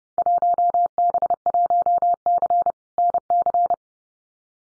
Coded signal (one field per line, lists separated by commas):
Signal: Morse code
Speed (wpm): 30 wpm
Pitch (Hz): 700 Hz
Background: none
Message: 1B1C NC